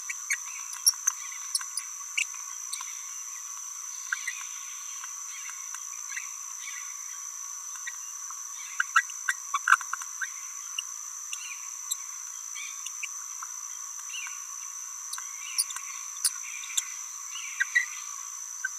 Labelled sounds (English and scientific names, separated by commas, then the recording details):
Green-rumped Parrotlet (Forpus passerinus) babbling
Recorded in a nest box in Venezuela
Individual 18B17A3